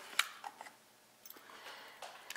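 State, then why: Not seated. The hinged metal back door of a Nikon FM 35mm film SLR is pushed closed against the camera body, giving a sharp tick near the start followed by several lighter taps and rattles. The little catch is not quite catching, so nothing has latched yet and the door does not latch shut.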